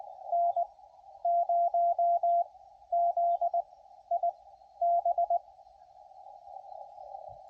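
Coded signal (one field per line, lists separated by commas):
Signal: Morse code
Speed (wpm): 22 wpm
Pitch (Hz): 690 Hz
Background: radio noise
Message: N0ZIB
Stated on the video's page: QRP CW during a Parks on the Air activation.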